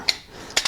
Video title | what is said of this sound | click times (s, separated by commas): Battlbox Mission 96 - Great Mix Of Gear! | you go it's all closed up locked into place so you do have that in there now | 0.1 s, 0.6 s